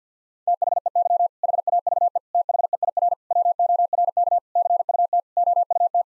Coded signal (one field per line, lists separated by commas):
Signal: Morse code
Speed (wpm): 50 wpm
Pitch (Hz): 700 Hz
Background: none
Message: THEY HAVE THEIR WORK CUT OUT